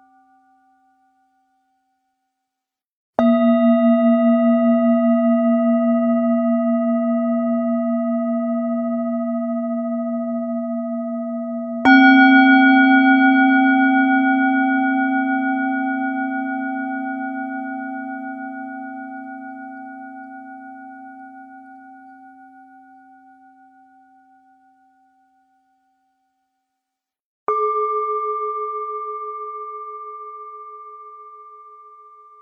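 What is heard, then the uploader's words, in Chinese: A singing bowl is struck three times, at about 3, 12 and 27 seconds, each strike leaving a long, pure, ringing tone that fades slowly over many seconds. The first two are deep and warm with a gentle wavering shimmer; the last is higher. Otherwise silent. 颂钵丨身心灵音乐。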